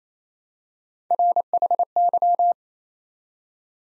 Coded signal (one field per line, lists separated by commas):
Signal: Morse code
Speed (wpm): 29 wpm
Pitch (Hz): 700 Hz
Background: none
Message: RHY